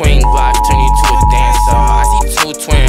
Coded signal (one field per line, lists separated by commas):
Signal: Emergency Alert System (SAME) tones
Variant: 853 and 960 Hz attention tone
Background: music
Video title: Ransom X EAS Alarm (Full)